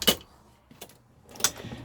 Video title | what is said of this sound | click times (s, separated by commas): cold start and controls | locks into place like so, | 0.0 s